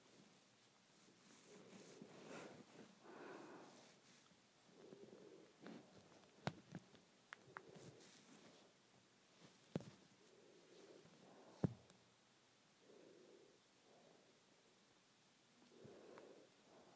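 Hair being played with gives soft rustling and brushing in slow waves, with a few sharp crackling clicks near 6, 10 and 12 seconds.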